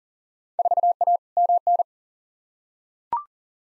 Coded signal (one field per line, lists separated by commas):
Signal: Morse code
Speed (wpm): 40 wpm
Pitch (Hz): 700 Hz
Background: none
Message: 4A MN